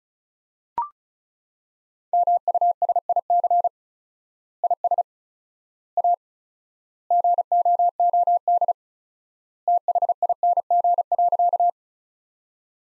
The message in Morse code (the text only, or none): MUSIC IS A GOOD THING.